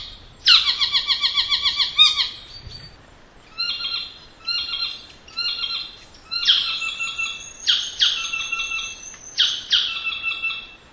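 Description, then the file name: Saddlebacks giving loud, harsh, rhythmic chattering bursts of rapid repeated notes, in several runs of one to two seconds with short pauses between. Two pairs giving territorial calls; recorded 20 December 2007. "Saddleback two pairs territorial calls BP 20071220"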